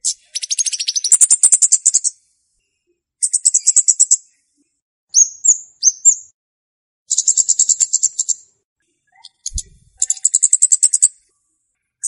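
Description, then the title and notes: Flowerpecker chirping: fast series of sharp, high ticks in bursts about one to two seconds long, with a few short upslurred notes between them. Clear recording of flowerpecker chirping, used as a lure (pikat). "Kicau Burung Kemade ( Cabe Cabean) Jernih. Suara Burung Cabe Cabean Pikat"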